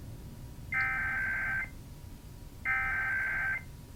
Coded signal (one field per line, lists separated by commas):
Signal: Emergency Alert System (SAME) tones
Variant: header bursts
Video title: OETA Required Weekly Test (includes fail) | 3/17/21 | EAS 113